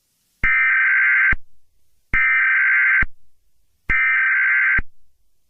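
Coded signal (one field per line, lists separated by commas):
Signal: Emergency Alert System (SAME) tones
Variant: header bursts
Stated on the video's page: Fictional EAS scenario.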